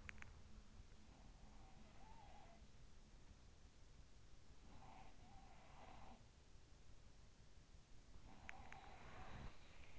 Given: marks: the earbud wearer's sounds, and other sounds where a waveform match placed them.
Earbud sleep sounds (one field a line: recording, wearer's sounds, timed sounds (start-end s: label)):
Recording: sounds in sleep by an in-ear microphone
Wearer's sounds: teeth grinding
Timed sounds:
0.00-0.37 s: teeth grinding
1.22-3.17 s: sound from someone else or the room
4.27-6.82 s: sound from someone else or the room
8.18-9.99 s: sound from someone else or the room
8.37-8.88 s: teeth grinding